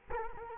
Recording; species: mosquito wingbeat signal from an infrared sensor; Culex quinquefasciatus